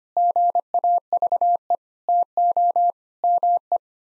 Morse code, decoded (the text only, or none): GAVE TO ME